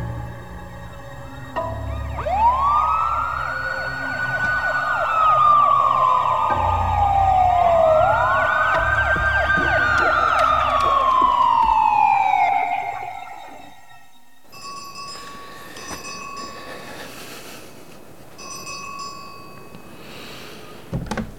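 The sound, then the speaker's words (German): A loud siren wails in two long rising-and-falling sweeps, then cuts off abruptly, leaving a quieter steady hum with faint tonal buzzing. “Ein grüner Ford Pickup, Alarm!”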